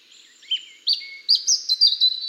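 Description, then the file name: European robin song: a series of pure, high whistled notes and sliding tones, growing louder and more rapid toward the end. "Erithacus rubecula"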